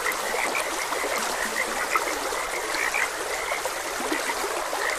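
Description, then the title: Frogs croaking in quick, scattered short notes from several callers, over a gently flowing, hissing stream. Frogs croaking beside a gentle stream. "Gentle Stream and Frogs Croaking"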